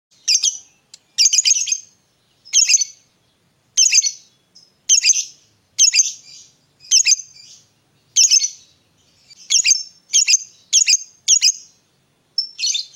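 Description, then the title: Lovebird chirping in harsh, high bursts of several notes, repeated roughly every second with short silent gaps between them. A lovebird whose calling style appears very clever at 'memancing', luring or provoking other birds to call. "Dari Gayanya Lovebird Ini Terlihat Pintar Sekali Memancing"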